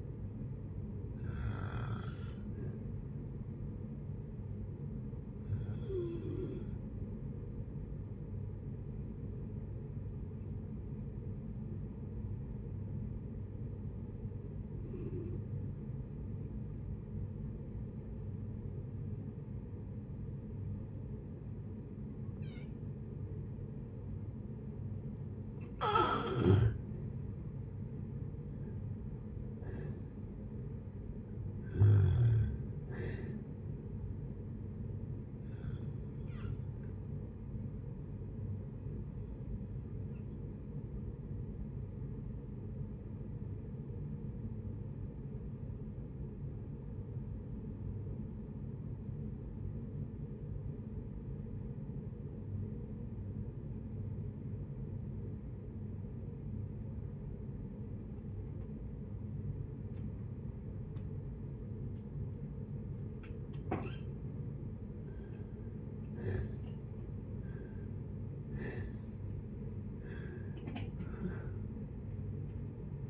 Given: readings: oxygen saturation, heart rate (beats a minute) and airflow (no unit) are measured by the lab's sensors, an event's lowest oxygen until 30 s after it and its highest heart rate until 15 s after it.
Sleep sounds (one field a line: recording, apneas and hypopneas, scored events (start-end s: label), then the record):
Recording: breathing in sleep by a smartphone at the bedside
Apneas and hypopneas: 2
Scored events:
1.00-61.00 s: new sleep stage, N1 (lightest sleep)
3.00-26.70 s: hypopnea (N1, oxygen 97% highest, then 83% lowest, heart rate 68 at the start, 68 highest)
42.00-66.20 s: obstructive apnea (N1, oxygen 95% highest, then 77% lowest, heart rate 60 at the start, 77 highest)
61.00-73.10 s: new sleep stage, awake
62.00-73.10 s: awake
From the record:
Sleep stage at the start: N2 (light sleep)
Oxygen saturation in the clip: 80 to 97%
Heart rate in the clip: 55 to 77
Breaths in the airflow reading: 12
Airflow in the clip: -6.4 to 14.2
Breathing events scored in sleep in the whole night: 496 in 5.4 hours asleep